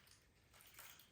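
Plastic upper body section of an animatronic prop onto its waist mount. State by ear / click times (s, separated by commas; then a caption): not seated / none. The plastic upper body section of a 2023 Spirit Halloween Dagger Mike animatronic is lined up by its matching A-to-A marks and pushed onto its waist mount. Steady rubbing and scraping plastic noise builds in brightness around 0.5 s and peaks near 0.8 s. Nothing has snapped or seated yet.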